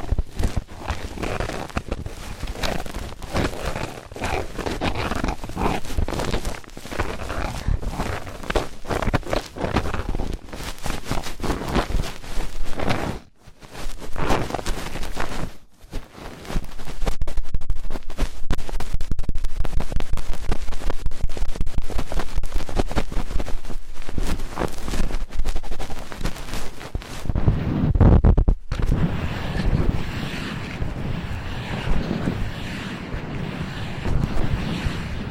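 Fast, intense ear cleaning makes a dense run of scratchy, rustling scrapes and crackles that rarely let up. Two brief silences break it near 13 and 15 seconds. Around 28 seconds the sound shifts to a steadier, muffled rumble with soft hiss.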